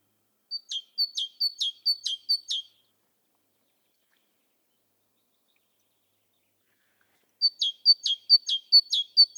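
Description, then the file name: Great tit singing two short bursts of ringing two-note phrases, high then lower, each burst about five phrases long, separated by several seconds of silence. "Parus major"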